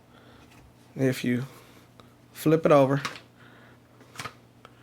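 Someone talks while handling a Taurus 9mm pistol (PT111 G2C / G3 / G3C) with a CAA MCK Gen 2 Micro Roni carbine conversion kit chassis, flipping the pistol over in preparation for locking it into the chassis. Only faint handling ticks are heard between the speech, around 2.0, 4.2, 4.7 and 4.9 seconds. The clip ends before the pistol goes home, so nothing has seated or clicked yet.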